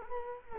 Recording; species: mosquito wingbeat signal from an infrared sensor; Culex quinquefasciatus